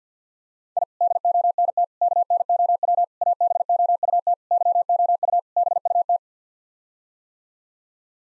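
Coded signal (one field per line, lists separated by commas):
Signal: Morse code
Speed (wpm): 50 wpm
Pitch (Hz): 700 Hz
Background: none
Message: I DONT KNOW ABOUT YOU BUT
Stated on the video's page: Head-copy practice: sets of six-word common phrases sent in Morse at 50 wpm, each sent, spoken, then sent again.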